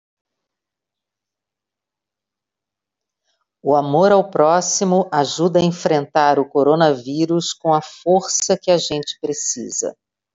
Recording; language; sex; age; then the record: spoken sentence; Brazilian Portuguese; female; 50 to 59 years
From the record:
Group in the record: control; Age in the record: 58 years